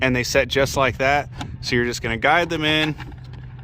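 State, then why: Not seated. Someone talks while guiding a plastic-backed truck tow mirror glass onto the triangle guide pieces of the mirror motor mount in the mirror housing, with faint handling ticks near the end. Nothing has seated or clicked yet.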